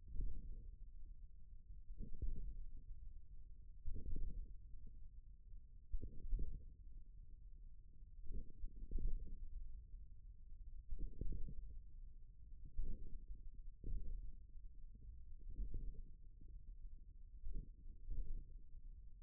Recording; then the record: forearm muscle sounds (acoustic myography)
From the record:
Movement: thumb flexion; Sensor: system 1, eight BSWA MPA416 microphones around the upper forearm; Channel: 6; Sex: male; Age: 41 years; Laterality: right